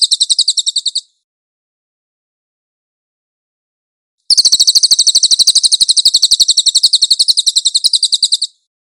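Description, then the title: Cililin song: the tail of a high, rapid trill, a silent gap of about three seconds, then a long buzzy trill of quick repeated notes. "MASTER SUARA BURUNG CILILIN"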